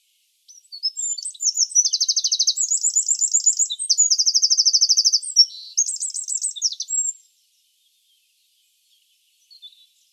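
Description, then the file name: Eurasian wren song, a loud, high, seven-second outpouring of rapid rattling trills and sharp twittering notes, followed by silence and a few faint notes near the end. "Troglodytes troglodytes"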